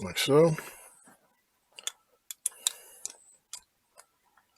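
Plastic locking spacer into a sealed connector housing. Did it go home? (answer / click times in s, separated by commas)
yes / 2.5 s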